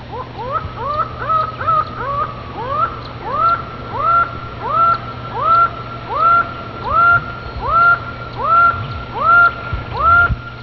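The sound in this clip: Laughing falcon giving loud, rising hoots repeated steadily about every three-quarters of a second in a long rhythmic series over a low constant hum.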